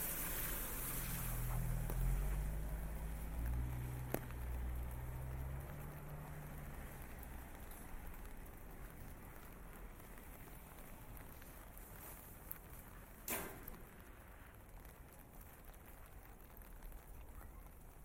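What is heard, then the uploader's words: Rain hisses steadily over a wet street in Tokyo. A low rumbling drone, like a passing vehicle, fills the first seven seconds and then fades away. Sharp knocks land near four seconds and again around thirteen seconds, with faint scattered taps between. WALKING IN THE RAIN TOKYO JAPAN. Walking in the streets of Tokyo, Japan. Rain bumps, walking on wet concrete, and wooden clogs on the streets.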